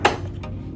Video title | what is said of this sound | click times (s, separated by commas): Resmed Airsense 10 Cleaning and Maintenance | and it pops out now you can take this off and wash it separately | 0.1 s